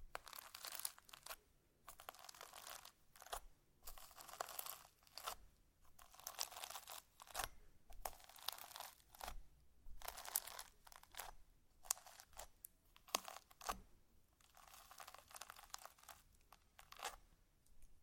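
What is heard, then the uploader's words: Slime is squished and crunched in repeated bursts of bright crackling and popping, each lasting a second or two, with short quiet gaps between. ASMR SLIME! 5 Satisfying Slimes.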